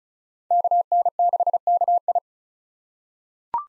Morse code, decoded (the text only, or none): KN6KI